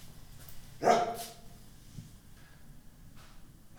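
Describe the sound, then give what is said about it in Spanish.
A dog lets out one loud, sharp bark early on, followed by a steady low background hum with a few faint, brief noises and no talking. “El grillo me estuvo avisando, el perro me estuvo avisando.”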